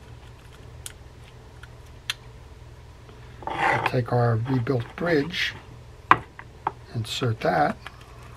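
A rebuilt bridge is handled and inserted into a Penn JigMaster 500S saltwater fishing reel, where its two studs are meant to snap into the reel's side plate. Someone talks over faint handling ticks and a few sharper knocks. Nothing has seated or clicked into place yet.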